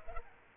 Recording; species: mosquito wingbeat signal from an infrared sensor; Culex pipiens